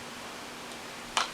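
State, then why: Not seated. A plastic compact lid with a broken snap catch is closed onto its base; something is kept on top to hold it shut because the snap is broken. After a faint steady hiss, a short, sharp contact tap sounds at about 1.2 s, but the lid does not latch, and nothing has snapped or clicked into place.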